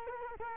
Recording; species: mosquito wingbeat signal from an infrared sensor; Culex quinquefasciatus